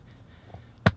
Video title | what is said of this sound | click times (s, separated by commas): 👉 2017 Dodge Durango GT Blacktop - Ultimate In-Depth Look in 4K | the floor mats hook in place and two places it's kind of like a big button style where it snaps in place | 0.9 s